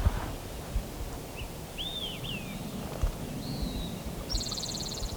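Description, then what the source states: Spotted Towhee song: a rapid buzzy trill at the close, preceded by slurred whistles, over low rumbling background noise. Second counted song in a series on View Road, Stanislaus National Forest, 5 May 2018.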